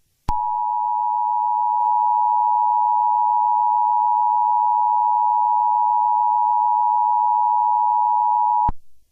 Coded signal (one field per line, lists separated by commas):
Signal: Emergency Alert System (SAME) tones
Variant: 853 and 960 Hz attention tone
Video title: 10-07-22 *Rare* SPW (EAS #92)